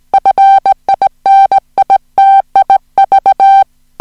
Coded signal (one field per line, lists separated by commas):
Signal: Morse code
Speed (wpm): 18 wpm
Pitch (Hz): 780 Hz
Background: music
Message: FINITIV